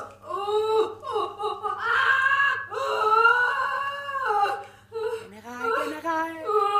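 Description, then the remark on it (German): A person lets out loud, high-pitched anguished cries, several long wavering screams broken by brief gasps, the strained voice rising and cracking as if in pain. “Schrei nur, Schönwetterfischchen.”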